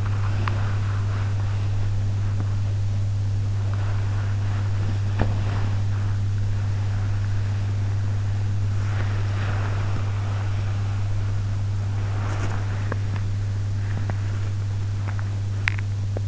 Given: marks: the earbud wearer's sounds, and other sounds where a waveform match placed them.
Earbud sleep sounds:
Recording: sounds in sleep by an in-ear microphone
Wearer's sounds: body movement, teeth grinding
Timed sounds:
0.00-15.94 s: body movement
12.79-16.27 s: teeth grinding

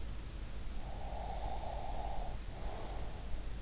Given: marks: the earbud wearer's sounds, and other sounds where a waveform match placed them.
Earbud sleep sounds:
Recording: sounds in sleep by an in-ear microphone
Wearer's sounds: breath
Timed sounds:
0.69-3.49 s: breath

